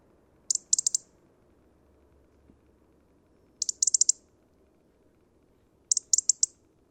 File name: Erithacus rubecula